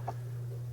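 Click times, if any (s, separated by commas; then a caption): 0.1 s. A torque-limiting wrench tightens a fastener on an accessory during setup of a vintage 1990s Browning ATB compound bow. A short, bright click sounds at 0.1 s over a steady low hum, meaning the wrench has reached its setting and the fastener is as tight as it should go.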